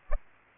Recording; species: mosquito wingbeat signal from an infrared sensor; Aedes aegypti